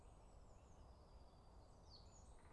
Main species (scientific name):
Cyanistes caeruleus